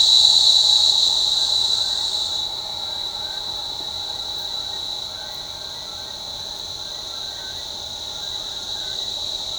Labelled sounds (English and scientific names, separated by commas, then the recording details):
Chestnut-winged Chachalaca (Ortalis garrula)
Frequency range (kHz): Chestnut-winged Chachalaca (Ortalis garrula) 0.6-2.7 kHz
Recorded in shrubland near Pivijay, Magdalena, Colombia, on 16 April 2023 at 08:00
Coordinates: 10.453, -74.365
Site P5-G022